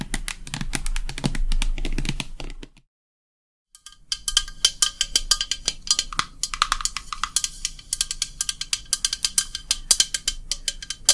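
Relaxing tapping in quick, sharp clicks, dense at first, then silence near three seconds, resuming as lighter, brighter taps with faint tones.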